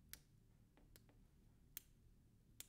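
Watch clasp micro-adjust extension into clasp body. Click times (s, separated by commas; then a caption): 0.1 s, 1.0 s, 1.8 s, 2.6 s. A spring-loaded stainless steel micro-adjust extension on a watch clasp is pushed back into the clasp body through its ratchet notches. Sharp, loud clicks sound at 0.1, 1.0, 1.8 and 2.6 seconds over a low background hum. The extension clicks back in notch by notch with a heavy, solid spring action.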